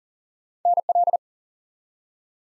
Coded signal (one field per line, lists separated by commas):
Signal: Morse code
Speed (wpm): 40 wpm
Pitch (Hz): 700 Hz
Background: none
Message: NL